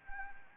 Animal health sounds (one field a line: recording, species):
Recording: mosquito wingbeat signal from an infrared sensor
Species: Anopheles gambiae